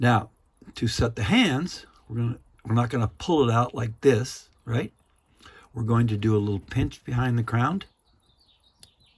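Someone talks while pinching behind the winding crown of a 1907 Elgin vintage ladies' wristwatch (elegant dial, B&B Royal wire lug) to pull it out of the movement to the hand-setting, time-setting position. After the talking stops, a short, faint click is heard at 8.8 s as the crown clicks out into the time-setting position.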